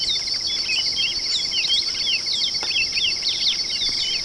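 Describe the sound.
Bird chirps, a busy stream of quick, high, swooping notes throughout, with a constant shrill cricket drone and a regular pulsing insect beat behind.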